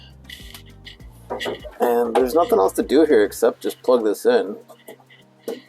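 Under the tailgate of a Ford Maverick fitted with a power tailgate lock modification, someone handles the new tailgate wiring harness plug, about to push it into the lock actuator connector. Someone talks over music, with a few faint handling taps. The plug has not seated or clicked yet.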